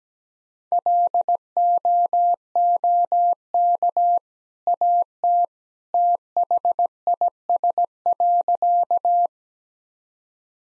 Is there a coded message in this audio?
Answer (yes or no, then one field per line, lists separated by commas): yes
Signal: Morse code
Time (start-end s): 0.7-9.3 s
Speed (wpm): 17 wpm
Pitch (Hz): 700 Hz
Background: none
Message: LOOK AT THIS.